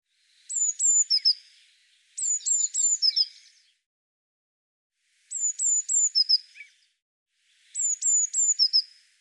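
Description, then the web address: Eurasian blue tit calling in short phrases of two or three high, piercing downslurred notes ending in a softer lower buzz, four bursts with pauses between, background silent. "Deverinetal"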